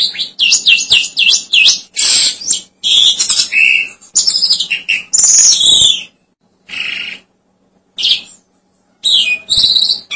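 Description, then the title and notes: Starling song of dense, jumbled chatter and squeaky whistles, with fast repeated notes early, then sparser short notes. "suara burung jalak"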